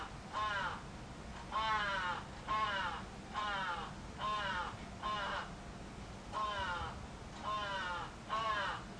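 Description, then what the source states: Crow uttering a regular series of harsh, grating caws, roughly one every second, with a low steady hum beneath. Recorded 11 July 2011.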